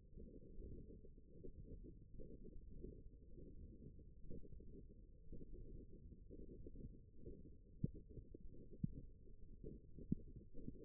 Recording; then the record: forearm muscle sounds (acoustic myography)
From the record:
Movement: index flexion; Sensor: system 1, eight BSWA MPA416 microphones around the upper forearm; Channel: 7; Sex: female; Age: 21 years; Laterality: right